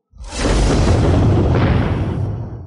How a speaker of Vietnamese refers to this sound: Liên tục mấy tiếng nổ động trời vang lên, màn sáng ngôi sao vặn vẹo kịch liệt, cuối cùng phía trên hiện ra từng đạo vết rạn nhanh chóng lan tràn ra.